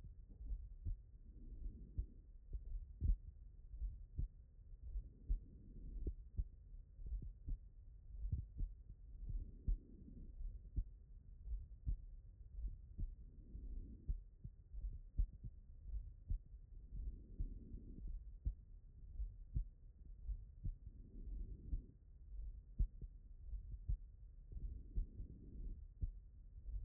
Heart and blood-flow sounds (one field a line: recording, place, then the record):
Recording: heart sounds by stethoscope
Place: pulmonary valve (PV)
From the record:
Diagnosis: non-HFrEF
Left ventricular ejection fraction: 63%